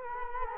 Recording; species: mosquito wingbeat signal from an infrared sensor; Culex quinquefasciatus